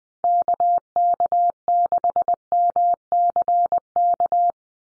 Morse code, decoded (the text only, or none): KK6MCK